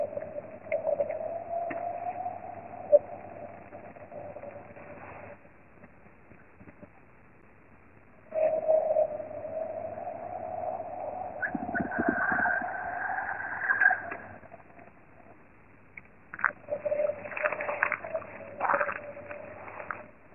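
The lake's song rings out as long, whale-like moaning tones in the mid range, heard over a steady low hum. The tones stop twice for a few seconds. After the first pause a higher gliding note rises briefly, and after the second, bursts of crackling clicks join the returning tone.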